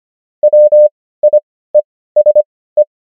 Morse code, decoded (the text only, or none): WIESE